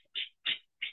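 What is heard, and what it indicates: An adult imitates tinnitus by mouth: three short, high-pitched whistling hisses. Tinnitus is a parasitic sound heard without any real sound present, like whistling or buzzing. It can be felt in one or both ears, or seem to be inside the head, in front or behind, and may come now and then, intermittently, or be constant.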